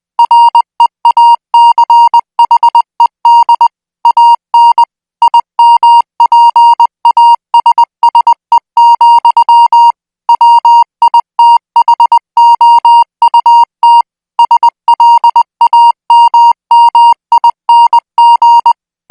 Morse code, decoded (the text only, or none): REACHED AN IMPASSE, WITHOUT SLAMMING